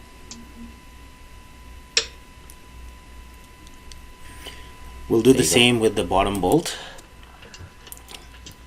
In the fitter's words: until you hear the clicking sound, and then stop.